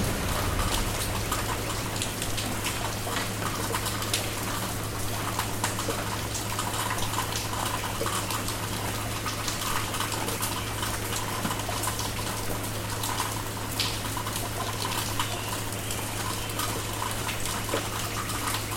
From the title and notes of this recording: Rain and Birdsong (Field Recording). Figured I'd record the rain this morning. The recording is just using the Zoom's internal mics pointed out my window, with the windscreen on.